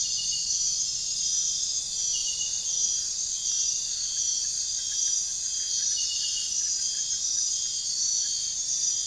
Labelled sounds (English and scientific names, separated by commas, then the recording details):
none
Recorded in pastures near Puerto Asís, Putumayo, Colombia, on 23 June 2025 at 02:00
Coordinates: 0.466, -76.322
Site GP07